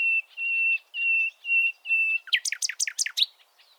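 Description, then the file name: Common nightingale song opening with five long, steady whistled notes, followed by a quick burst of loud, sharply sweeping chattering notes. "Luscinia megarhynchos"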